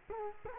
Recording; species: mosquito wingbeat signal from an infrared sensor; Culex quinquefasciatus